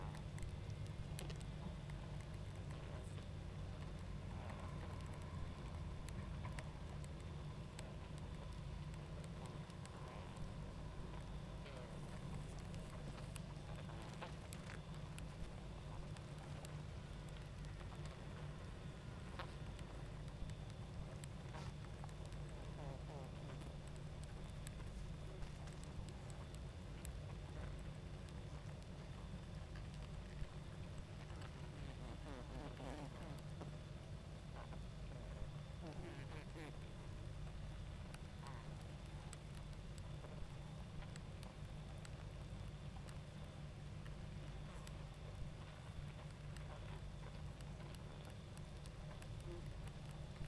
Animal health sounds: honeybee colony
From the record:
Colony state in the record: active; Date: 28 July 2017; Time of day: 21:20

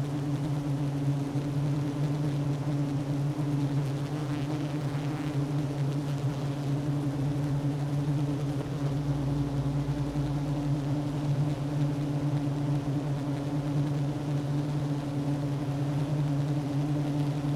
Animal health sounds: honeybee colony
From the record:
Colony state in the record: active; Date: 12 June 2018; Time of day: 10:25

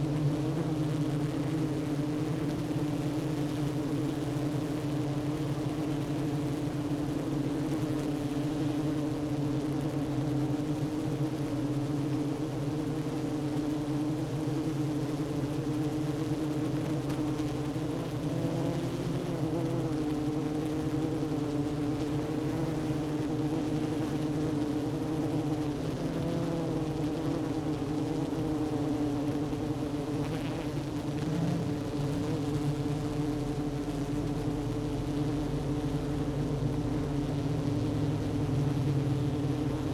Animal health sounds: honeybee colony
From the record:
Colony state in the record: active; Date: 12 June 2018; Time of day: 11:00

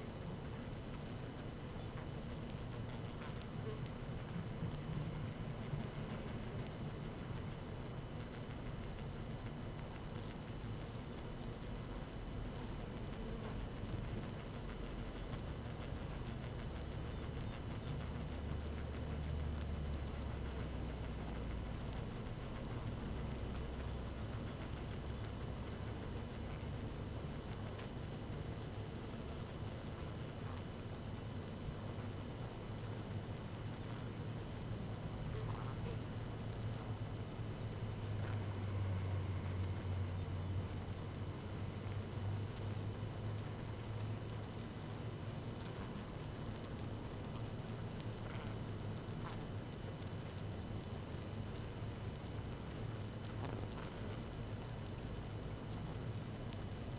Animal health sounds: honeybee colony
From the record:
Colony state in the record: active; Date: 12 June 2018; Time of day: 17:57

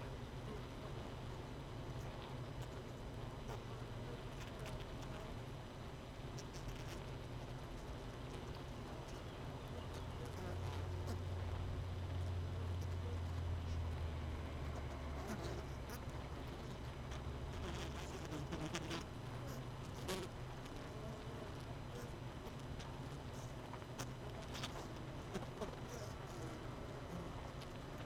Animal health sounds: honeybee colony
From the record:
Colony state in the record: missing queen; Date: 31 May 2018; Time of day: 17:41

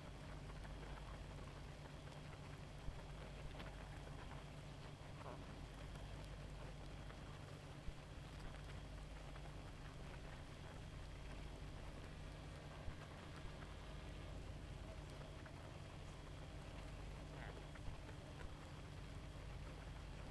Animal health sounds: honeybee colony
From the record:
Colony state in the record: active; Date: 28 July 2017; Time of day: 0:58

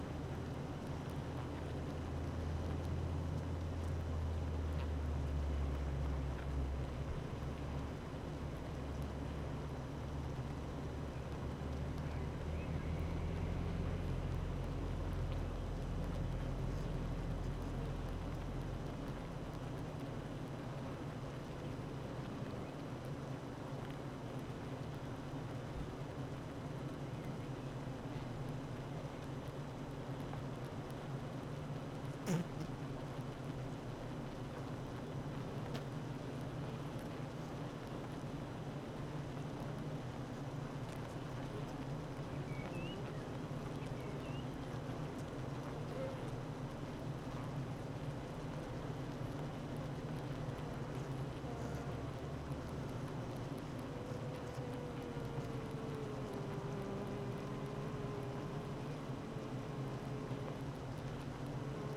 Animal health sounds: honeybee colony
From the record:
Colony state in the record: active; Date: 12 June 2018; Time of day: 9:00

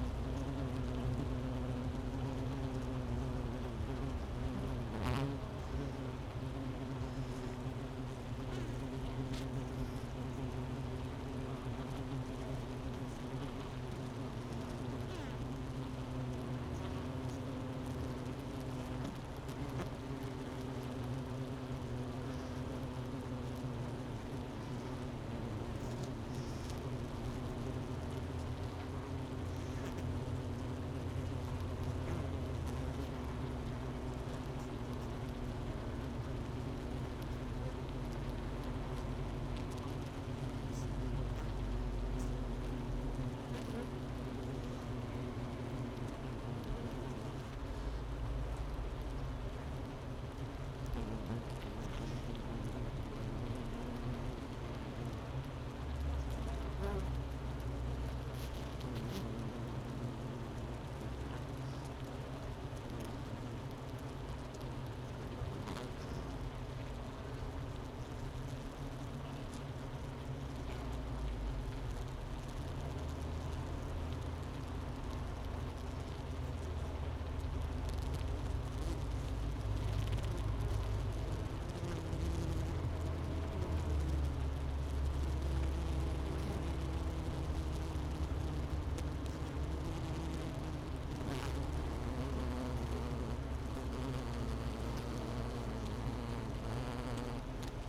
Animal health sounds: honeybee colony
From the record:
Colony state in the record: missing queen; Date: 31 May 2018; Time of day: 11:04

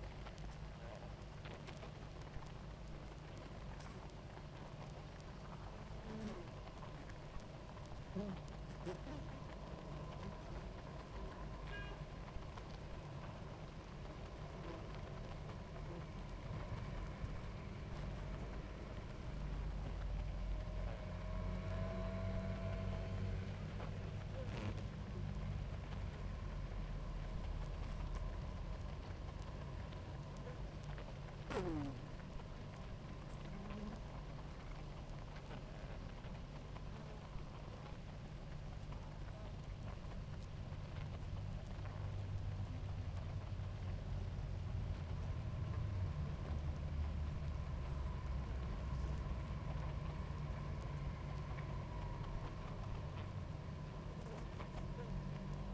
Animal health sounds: honeybee colony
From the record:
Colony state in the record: active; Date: 28 July 2017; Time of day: 18:11

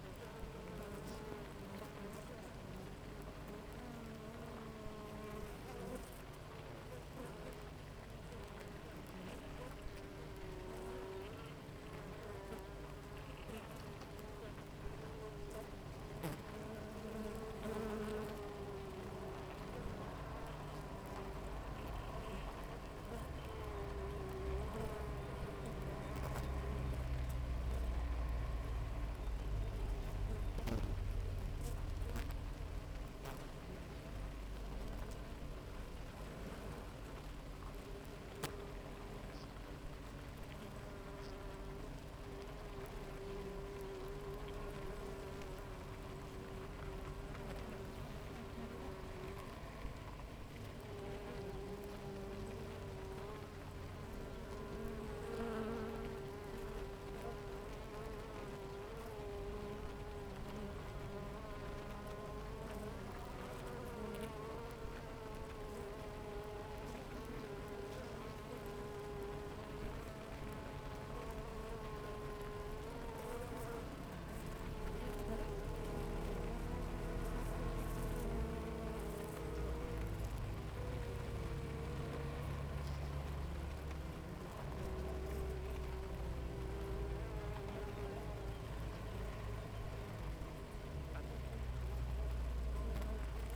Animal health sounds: honeybee colony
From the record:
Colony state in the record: active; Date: 28 July 2017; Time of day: 6:47

